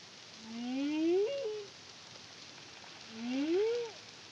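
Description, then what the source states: Humpback whale song: two similar rising moans about two and a half seconds apart, each arching upward then dipping at the end. Caribbean, CARIMAM project, 2023.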